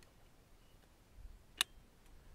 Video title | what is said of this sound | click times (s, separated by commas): Airgun Expo 2021 - Airgun Pro Shop Range Day - Evanix, Beeman, MORE! - Recorded May 13th, 2021 | You hear that click? That lets you know it is fully shut. | 1.6 s